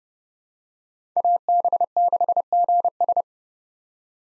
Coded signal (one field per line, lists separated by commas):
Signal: Morse code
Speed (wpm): 30 wpm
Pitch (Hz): 700 Hz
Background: none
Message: AB6GS